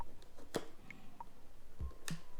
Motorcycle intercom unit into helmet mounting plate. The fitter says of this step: hear a nice click And the Sena goes into it's place